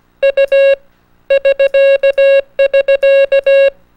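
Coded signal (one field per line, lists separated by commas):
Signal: Morse code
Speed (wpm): 17 wpm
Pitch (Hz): 550 Hz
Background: none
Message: U <SK><SK>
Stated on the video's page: Morse code rhythm tutorial for learning to decode CW.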